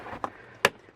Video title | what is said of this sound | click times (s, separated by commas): Tuxmat Installation on a Tesla Model 3 | clip it in sometimes it makes a little click so you know it's all the way down and then just turn it | 0.2 s, 0.6 s